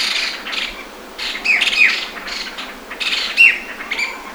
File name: Masked Laughingthrush Group Alarm Call 120107 Shenzhen Wu Tong Shan